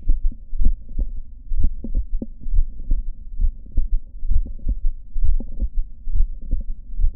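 Adult heartbeat at about 65 per minute, with several brief, sharp extra clicks between the first and second heart sounds over a low steady hum. These are multiple systolic clicks, an atypical auscultatory sign of mitral valve prolapse.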